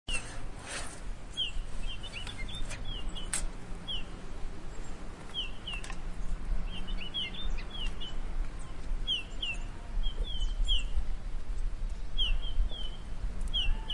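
Red-headed bullfinch calls: soft, short whistled notes, often in twos or threes, recurring throughout, with a few clicks over continuous low rumbling noise.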